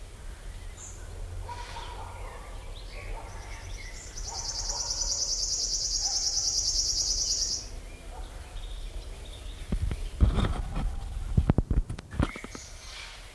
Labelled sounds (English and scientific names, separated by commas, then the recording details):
River Warbler (Locustella fluviatilis) song
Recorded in the wild
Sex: male
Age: adult
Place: Buckow, Märkische Schweiz, Brandenburg, DE
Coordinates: 52.5708, 14.0778
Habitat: riverine vegetation
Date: 1978-07-01 18:50
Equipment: Uher CR 210, Sennheiser MD 421 SH, Verstärker, Kopie Uher 4200
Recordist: Tembrock, Günter